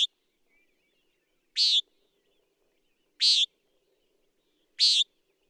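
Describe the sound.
Common nighthawk calling with a clipped note at the start, then three buzzy, nasal peents roughly every one and a half seconds, otherwise silent.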